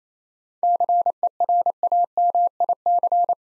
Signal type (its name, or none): Morse code